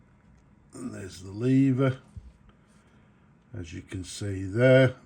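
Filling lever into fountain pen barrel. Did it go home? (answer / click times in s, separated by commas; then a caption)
no / none. Someone talks while handling the metal filling lever on a restored vintage Conway Stewart 27 green hatch lever-filler fountain pen, about to press it back down flush into the pen barrel. A faint tick is heard at about 2.5 s between phrases. The lever has not seated or clicked into place yet.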